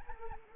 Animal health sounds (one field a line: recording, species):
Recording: mosquito wingbeat signal from an infrared sensor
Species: Anopheles arabiensis